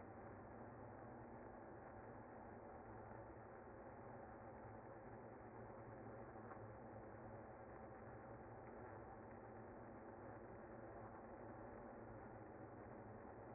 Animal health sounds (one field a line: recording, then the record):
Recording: honeybee colony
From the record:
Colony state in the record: active